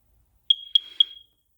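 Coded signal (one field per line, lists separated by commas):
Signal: beep code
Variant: First Alert/BRK smoke detector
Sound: three quick high-pitched chirps in rapid succession, then silence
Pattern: 3 short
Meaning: Three quick chirps mean the smoke detector unit is defective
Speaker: the 3 quick chirps that we're hearing mean that the unit's defective.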